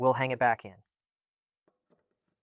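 Someone talks briefly, then two faint, soft handling sounds follow at about 1.7 and 1.9 seconds as the rear air spring, a rubber air bellow, of a BMW 5 Series F10/F11 is hung back toward its mount on the car body and axle. Nothing has seated or clicked yet; the spring has not snapped into its mount.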